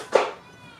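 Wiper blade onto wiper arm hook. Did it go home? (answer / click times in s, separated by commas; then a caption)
no / none. A wiper blade on a 2015-2020 Kia Sedona is pulled up onto the wiper arm hook, aligned with the tab. A brief bright knock with a short ringing tail is heard near 0.2 s, then it fades to near silence. The blade does not snap into place, and nothing has seated or clicked yet.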